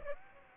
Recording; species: mosquito wingbeat signal from an infrared sensor; Aedes aegypti